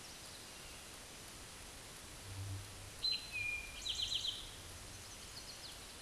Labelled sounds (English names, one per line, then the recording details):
Eastern Towhee song
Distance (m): 25 m
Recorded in a Pennsylvania forest on 17 May 2023 at 13:16
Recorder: AudioMoth, point grid1_31_low
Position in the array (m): 120 m, 85 m